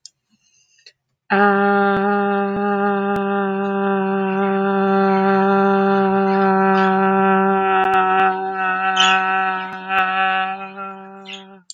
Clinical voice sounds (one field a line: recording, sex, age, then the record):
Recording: vowel held as long as possible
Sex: female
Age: 30 to 39 years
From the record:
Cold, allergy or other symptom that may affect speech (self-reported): no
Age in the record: 34 years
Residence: Pennsylvania, United States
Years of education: 14